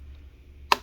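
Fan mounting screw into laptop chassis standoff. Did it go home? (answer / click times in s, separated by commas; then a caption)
yes / 0.7 s. A small metal screw holding the cooling fan of a Lenovo ThinkPad T470 laptop is turned counter-clockwise in its threaded chassis standoff. After a quiet low hum, a single sharp click sounds at 0.7 s as the screw drops into the thread start, leaving it seated and ready to tighten.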